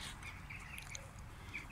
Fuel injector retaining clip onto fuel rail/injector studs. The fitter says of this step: voilà donc elle est bien verrouillée